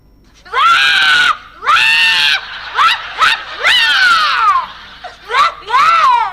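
A girl wails and cries loudly because the holidays have ended, in a string of long, high-pitched sobs that rise and fall, about six strained bursts separated by brief catches of breath.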